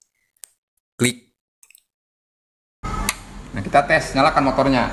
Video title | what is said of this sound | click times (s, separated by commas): Fungsi Dan Warna Kabel Fuel Pump Beat FI | ke sini atau ada yang putus pasangkan lagi soketnya Sampai bunyi klik | 0.4 s